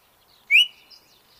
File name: Yellow breasted Chat Icteria virens